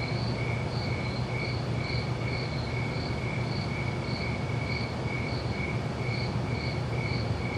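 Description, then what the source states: Crickets give an even train of short chirps, pulses evenly spaced throughout, over a constant hiss and low-pitched hum. Crickets recorded at night.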